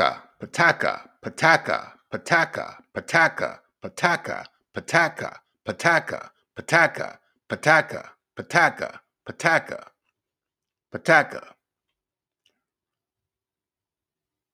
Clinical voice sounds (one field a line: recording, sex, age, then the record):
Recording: repeated syllables /pa ta ka/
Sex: male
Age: 50 to 59 years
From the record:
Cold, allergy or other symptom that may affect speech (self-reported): no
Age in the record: 56 years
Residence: Georgia, United States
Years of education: 16